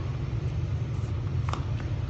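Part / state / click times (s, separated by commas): magazine into airsoft rifle magazine well / seated / 1.5 s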